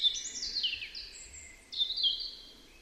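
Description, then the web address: European robin song: thin, high warbled phrases sliding up and down, a long tumbling strophe followed by a shorter one after a brief pause, against faint background hiss. "cianscape birddata Deverinetal Bird Only Er Ru"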